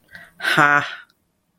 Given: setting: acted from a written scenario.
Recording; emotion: vocal sound without words; amusement